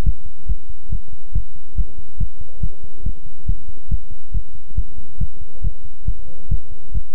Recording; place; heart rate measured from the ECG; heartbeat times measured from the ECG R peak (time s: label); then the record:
heart sounds by stethoscope; between the tricuspid and mitral areas; 139 bpm
0.03 s: heartbeat
0.46 s: heartbeat
0.90 s: heartbeat
1.33 s: heartbeat
1.75 s: heartbeat
2.18 s: heartbeat
2.60 s: heartbeat
3.03 s: heartbeat
3.46 s: heartbeat
3.89 s: heartbeat
4.32 s: heartbeat
4.75 s: heartbeat
5.18 s: heartbeat
5.62 s: heartbeat
6.05 s: heartbeat
6.49 s: heartbeat
6.92 s: heartbeat
From the record:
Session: pedaling a stationary bicycle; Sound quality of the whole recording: good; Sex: male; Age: 24 years